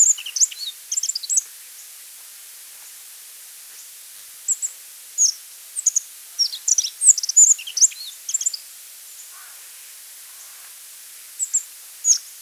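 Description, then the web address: Rock bunting song: bursts of thin, high twittering notes in quick phrases of one to four seconds, repeated after pauses, over a faint steady background hiss. Song, in Pakistan. "Rock Bunting Song, Pak"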